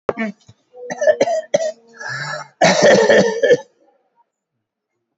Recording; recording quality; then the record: heavy voluntary cough; excellent, no background noise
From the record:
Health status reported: COVID-19 positive, mild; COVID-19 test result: positive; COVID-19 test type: RT-PCR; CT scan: taken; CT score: 8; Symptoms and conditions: cough, fatigue, hypertension, diabetes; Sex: male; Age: 80 years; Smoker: no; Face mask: not worn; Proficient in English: no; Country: India